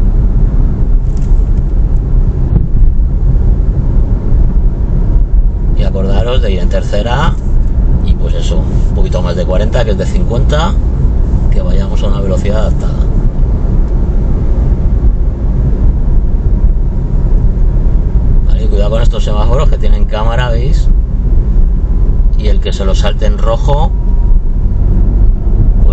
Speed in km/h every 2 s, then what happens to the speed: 43, 45, 47, 48, 48, 48, 48, 45, 45, 42, 40, 38, 43.
0-12 steady at about 48. 12-23 slows to 38.